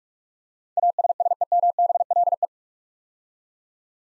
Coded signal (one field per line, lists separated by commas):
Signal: Morse code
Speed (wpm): 44 wpm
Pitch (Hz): 700 Hz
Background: none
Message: ASSEMBLE